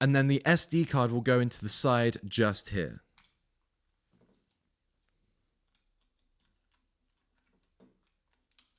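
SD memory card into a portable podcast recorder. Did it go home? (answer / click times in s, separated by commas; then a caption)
no / none. Someone talks for the first three seconds while an SD memory card is handled at the side slot of a portable podcast recorder, a Podtrack P4. Faint, brief handling ticks follow in near silence around 3.2 s and 8.6 s, with soft rustles near 4.2 s and 7.8 s. The card has not clicked in or seated yet.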